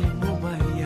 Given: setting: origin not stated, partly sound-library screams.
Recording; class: one-second piece from a danger detection set; normal situation